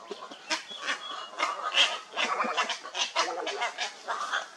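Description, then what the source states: Heron calls, a dense run of harsh overlapping squawks and croaks, rising and falling without pause throughout. Recorded at a heronry.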